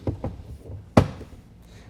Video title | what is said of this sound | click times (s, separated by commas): How to Install Gator Evo Hard Folding Cover at AutoCustoms.com | You just heard it click. It's because it just latched into the rails we installed. | 1.0 s